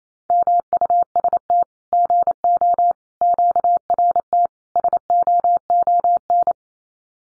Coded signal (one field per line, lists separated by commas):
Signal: Morse code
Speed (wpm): 28 wpm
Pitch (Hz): 700 Hz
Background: none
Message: MUST GO QRT SOON